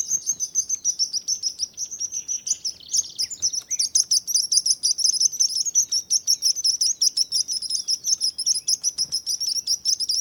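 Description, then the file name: Sparrow chirping in a fast, busy series of high notes, continuing steadily throughout. Sparrow singing while flying. "felix blume animals bird sparrow singing flying"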